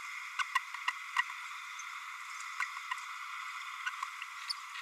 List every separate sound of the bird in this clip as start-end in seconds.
0.39-0.43, 0.55-0.59, 0.87-0.91, 1.18-1.22, 2.62-2.65, 4.49-4.53